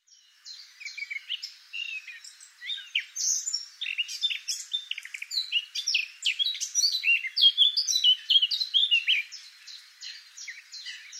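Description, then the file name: Eurasian blackcap song: quiet chattering notes that swell into a loud, continuous, rich warble of rapid varied phrases, then ease off toward the end. "Sylvia atricapilla"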